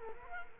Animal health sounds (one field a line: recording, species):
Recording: mosquito wingbeat signal from an infrared sensor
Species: Culex quinquefasciatus